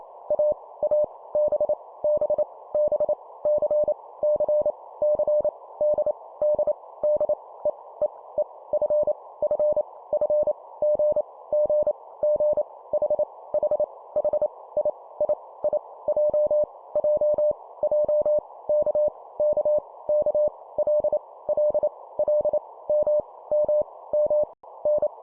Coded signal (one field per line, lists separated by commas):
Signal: Morse code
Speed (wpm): 28 wpm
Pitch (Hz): 600 Hz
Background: none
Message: A A B B B C C C D D D E E E F F F G G G H H H I I I J J J K K K L L L M M M N